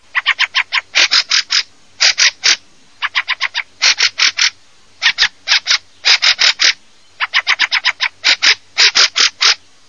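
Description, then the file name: Fieldfare calls: harsh, scratchy chack notes given in rapid bursts of several, repeated throughout with short pauses between groups. "cesenafr"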